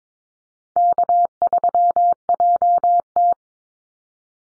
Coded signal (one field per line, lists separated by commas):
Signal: Morse code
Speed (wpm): 22 wpm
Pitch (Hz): 700 Hz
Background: none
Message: K3JT